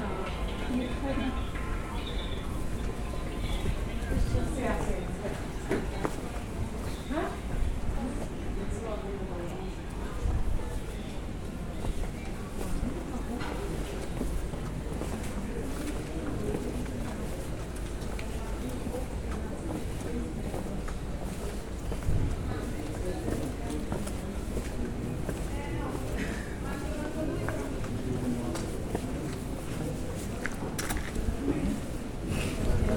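A sound walk through Cadaquès: steady murmur of voices and street activity, dense low rumble, with occasional clacks and brief louder moments throughout.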